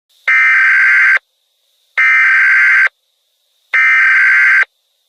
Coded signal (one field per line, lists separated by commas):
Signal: Emergency Alert System (SAME) tones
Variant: header bursts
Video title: EAS Scenario #11: Green Blob